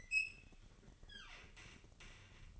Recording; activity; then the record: daily activity, microphone in the room; open fridge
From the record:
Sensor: 4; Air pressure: 1008.6 hPa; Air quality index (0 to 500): 74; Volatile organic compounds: 1 ppm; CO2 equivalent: 631 ppm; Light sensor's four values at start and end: 12/28/11/11 and 11/26/10/11